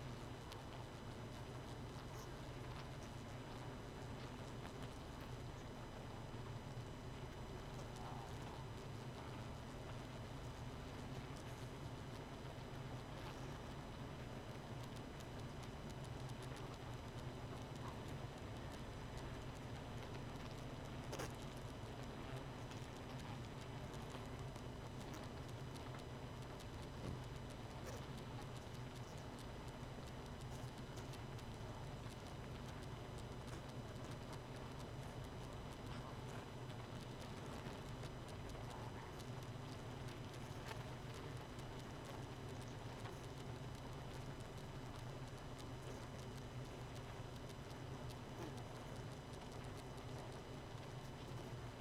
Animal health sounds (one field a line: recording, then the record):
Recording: honeybee colony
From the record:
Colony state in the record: missing queen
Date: 31 May 2018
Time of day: 0:40